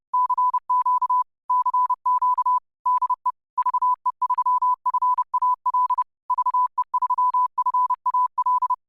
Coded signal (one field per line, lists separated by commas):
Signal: Morse code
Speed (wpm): 30 wpm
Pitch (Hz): 1000 Hz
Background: none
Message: CQ CQ DE VE3FAL VE3FAL